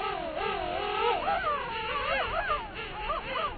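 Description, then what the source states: King penguin trumpeting, wavering kazoo-like notes that swing up and down in pitch. Pair standing face to face, heads tilted back, trumpeting in unison.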